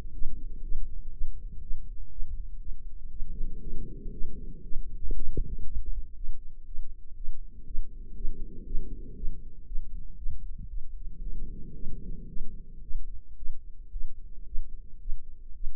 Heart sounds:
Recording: heart sounds by microphone in the right ear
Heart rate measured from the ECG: 117 bpm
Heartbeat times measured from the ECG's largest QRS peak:
0.13 s: heartbeat
0.63 s: heartbeat
1.13 s: heartbeat
1.62 s: heartbeat
2.12 s: heartbeat
2.61 s: heartbeat
3.11 s: heartbeat
3.62 s: heartbeat
4.13 s: heartbeat
4.64 s: heartbeat
5.15 s: heartbeat
5.66 s: heartbeat
6.16 s: heartbeat
6.66 s: heartbeat
7.16 s: heartbeat
7.66 s: heartbeat
8.16 s: heartbeat
8.66 s: heartbeat
9.16 s: heartbeat
9.67 s: heartbeat
10.18 s: heartbeat
10.69 s: heartbeat
11.22 s: heartbeat
11.74 s: heartbeat
12.28 s: heartbeat
12.82 s: heartbeat
13.37 s: heartbeat
13.92 s: heartbeat
14.46 s: heartbeat
15.00 s: heartbeat
15.55 s: heartbeat
From the record:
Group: healthy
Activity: rest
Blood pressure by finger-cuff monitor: 129/69 mmHg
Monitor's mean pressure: 87 mmHg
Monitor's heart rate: 120 bpm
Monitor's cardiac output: 10.8 L/min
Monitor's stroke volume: 91 mL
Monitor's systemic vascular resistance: 580 dyn s/cm5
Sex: male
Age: 33 years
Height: 179 cm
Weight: 80.4 kg

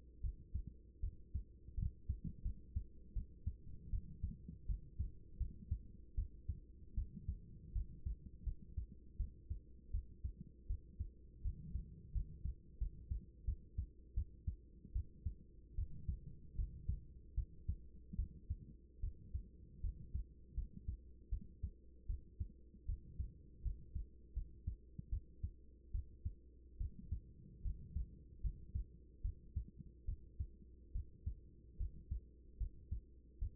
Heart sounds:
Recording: heart sounds by stethoscope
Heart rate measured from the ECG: 78 bpm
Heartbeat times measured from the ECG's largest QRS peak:
0.20 s: heartbeat
1.00 s: heartbeat
1.74 s: heartbeat
2.42 s: heartbeat
3.13 s: heartbeat
3.90 s: heartbeat
4.66 s: heartbeat
5.37 s: heartbeat
6.15 s: heartbeat
6.94 s: heartbeat
7.72 s: heartbeat
8.43 s: heartbeat
9.17 s: heartbeat
9.91 s: heartbeat
10.67 s: heartbeat
11.42 s: heartbeat
12.12 s: heartbeat
12.78 s: heartbeat
13.45 s: heartbeat
14.14 s: heartbeat
14.92 s: heartbeat
15.75 s: heartbeat
16.55 s: heartbeat
17.34 s: heartbeat
18.16 s: heartbeat
19.00 s: heartbeat
19.81 s: heartbeat
20.54 s: heartbeat
21.29 s: heartbeat
22.06 s: heartbeat
22.86 s: heartbeat
23.62 s: heartbeat
24.33 s: heartbeat
25.09 s: heartbeat
25.91 s: heartbeat
26.77 s: heartbeat
27.62 s: heartbeat
28.41 s: heartbeat
29.21 s: heartbeat
30.05 s: heartbeat
30.92 s: heartbeat
31.77 s: heartbeat
32.57 s: heartbeat
33.39 s: heartbeat
From the record:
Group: healthy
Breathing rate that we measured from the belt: 8 breaths a minute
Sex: female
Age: 24 years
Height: 163 cm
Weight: 55.7 kg

